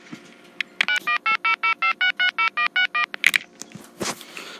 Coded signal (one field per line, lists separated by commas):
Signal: DTMF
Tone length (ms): 100 ms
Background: music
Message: 91800560161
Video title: programming Southwestern bell FM-2552/FM-2000 corded trim line telephone